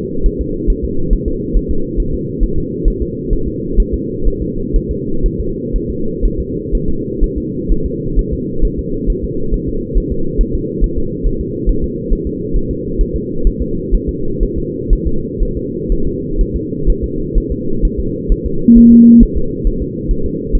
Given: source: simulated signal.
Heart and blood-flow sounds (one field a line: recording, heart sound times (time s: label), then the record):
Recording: fetal heart sounds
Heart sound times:
0.26 s: S1
0.41 s: S2
0.70 s: S1
0.84 s: S2
1.13 s: S1
1.28 s: S2
1.57 s: S1
1.71 s: S2
2.00 s: S1
2.14 s: S2
2.44 s: S1
2.58 s: S2
2.88 s: S1
3.02 s: S2
3.33 s: S1
3.48 s: S2
3.80 s: S1
3.94 s: S2
4.28 s: S1
4.42 s: S2
4.76 s: S1
4.91 s: S2
5.26 s: S1
5.40 s: S2
5.76 s: S1
5.90 s: S2
6.25 s: S1
6.40 s: S2
6.75 s: S1
6.89 s: S2
7.24 s: S1
7.38 s: S2
7.72 s: S1
7.86 s: S2
8.19 s: S1
8.33 s: S2
8.65 s: S1
8.79 s: S2
9.10 s: S1
9.24 s: S2
9.54 s: S1
9.69 s: S2
9.98 s: S1
10.12 s: S2
10.41 s: S1
10.55 s: S2
10.84 s: S1
10.98 s: S2
11.27 s: S1
11.41 s: S2
11.70 s: S1
11.84 s: S2
12.13 s: S1
12.27 s: S2
12.56 s: S1
12.71 s: S2
13.01 s: S1
13.16 s: S2
13.47 s: S1
13.62 s: S2
13.95 s: S1
14.09 s: S2
14.43 s: S1
14.58 s: S2
14.93 s: S1
15.07 s: S2
15.43 s: S1
15.57 s: S2
15.92 s: S1
16.07 s: S2
16.41 s: S1
16.56 s: S2
16.90 s: S1
17.04 s: S2
17.38 s: S1
17.52 s: S2
17.85 s: S1
18.00 s: S2
18.32 s: S1
18.46 s: S2
18.78 s: S1
18.92 s: S2
19.23 s: S1
19.37 s: S2
19.67 s: S1
19.82 s: S2
20.11 s: S1
20.26 s: S2
20.55 s: S1
From the record:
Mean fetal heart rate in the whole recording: 130 bpm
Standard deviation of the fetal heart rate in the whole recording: 4 bpm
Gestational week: 38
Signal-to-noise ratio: -8.1 dB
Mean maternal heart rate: 72 bpm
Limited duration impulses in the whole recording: present